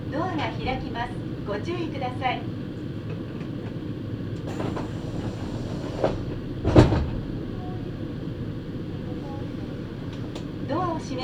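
Inside a Meitetsu Bisai Line train, a steady low rumble of the running car fills the whole clip. Voices talk in short bursts near the start and again at the end, and a sharp clatter or knock stands out around the seventh second.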